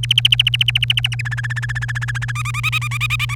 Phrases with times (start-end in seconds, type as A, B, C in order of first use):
0.03-1.22 A, 1.25-2.32 B, 2.35-3.35 C